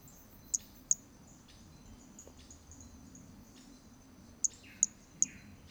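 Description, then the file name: Hermogenes' toadlet notes: short, shrill clicks, a pair early then three in quick succession, over a continuous high-pitched insect hum with some faint chirps. Recorded at Trilha do Ipiranga in 2021; individual 2; the first three notes of the call are missing from the recording. "MHNCI Brachy hermogenesi Trilha do Ipiranga ind 2 three starting notes lost"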